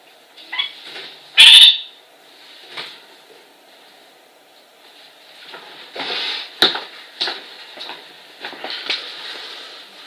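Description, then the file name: Orange-fronted parakeet calls: one loud, harsh screech early on, followed by softer scattered chattering notes. "kakariki zvuki"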